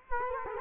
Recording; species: mosquito wingbeat signal from an infrared sensor; Culex quinquefasciatus